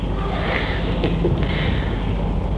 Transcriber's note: laughter